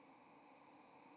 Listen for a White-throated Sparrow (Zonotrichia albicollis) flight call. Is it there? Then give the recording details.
no. Another species' flight call is heard. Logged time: 07:44 on 30 October 2014